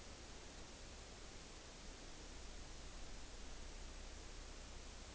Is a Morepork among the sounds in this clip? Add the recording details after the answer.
no. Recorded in New Zealand on 9 October 2013. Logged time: 17:00. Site Ponui